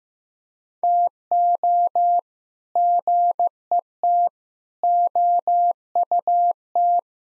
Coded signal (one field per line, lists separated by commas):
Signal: Morse code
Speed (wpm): 15 wpm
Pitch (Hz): 700 Hz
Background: none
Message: TO GET OUT